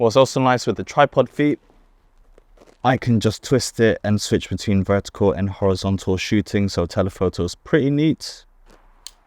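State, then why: Seated. Someone talks about a travel tripod while its ball head mechanism is moved out of its low profile position. A detent snaps into place with one sharp click at 9.1 s, showing the head has left low profile mode.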